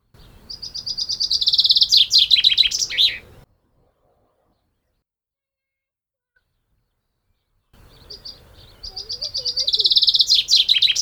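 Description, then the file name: Common chaffinch singing two phrases separated by a long pause, each a quick descending run of chipping notes; the first ends in an emphatic flourish, the second is cut off. "Fringilla coelebs"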